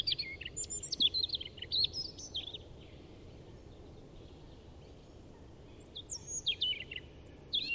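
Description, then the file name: European robin song: a high phrase of quick slurred notes, then a few seconds of quiet background noise before another thin, scattered phrase begins. "Erithacus rubecula"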